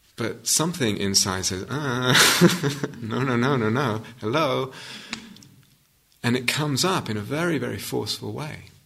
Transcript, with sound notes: but something inside says, "Uhhh ..." [laughter] "No, no, no, no, no. Hellooo?" And it comes up in a very, very forceful way.